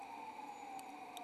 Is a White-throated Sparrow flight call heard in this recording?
no